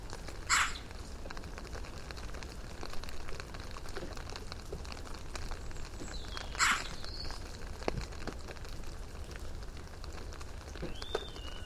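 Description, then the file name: Eurasian magpie harsh calls: two rasping bursts about six seconds apart, with a few faint thin whistles and a constant low rumbling background. "Pica pica"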